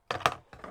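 A plastic guide comb is pushed off the blade of a Hatteker RFC-690 hair clipper and comes away with a sharp click at 0.1 s, followed by a rattle. Fainter taps follow around 0.3 s, 0.5 s and 0.6 s, and the comb is released from the clipper head.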